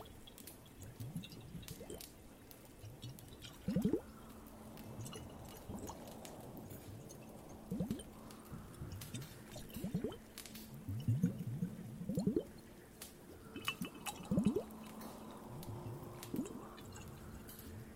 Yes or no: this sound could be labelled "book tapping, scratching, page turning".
no